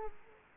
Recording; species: mosquito wingbeat signal from an infrared sensor; Culex quinquefasciatus